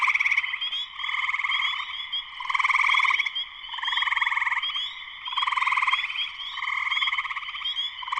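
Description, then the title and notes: Spring peeper chorus: countless high, piercing peeps layered together, with loudness pulsing up and down in recurring surges. Full chorus of spring peepers shortly after sunset in Sleeping Bear Dunes National Lakeshore, northern Michigan, USA. "Spring peepers (chorus frogs) in full chorus shortly after sunset in the Sleeping Bear Dunes National Lakeshore in northern Michigan, USA."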